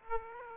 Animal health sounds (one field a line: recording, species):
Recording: mosquito wingbeat signal from an infrared sensor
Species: Aedes aegypti